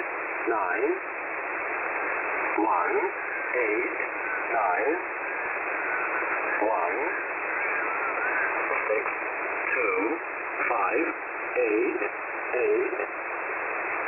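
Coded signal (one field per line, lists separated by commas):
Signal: numbers station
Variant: E07a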